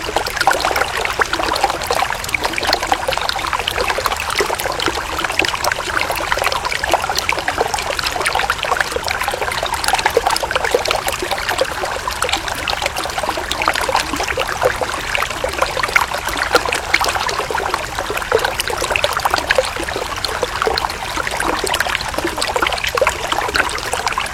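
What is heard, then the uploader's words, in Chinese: Water runs and gurgles through weeds in a steady, unbroken flow lasting the whole clip. Dense bubbling and splashing sit in the middle and upper range, with many quick small droplet sounds and little low rumble beneath. 杂草中流水。汩汩流水。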